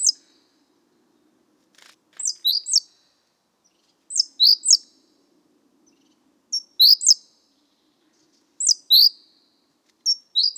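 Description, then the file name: Great tit uttering clusters of two or three sharp, falling high notes every couple of seconds, with a soft low hum and a faint click. "Parus major"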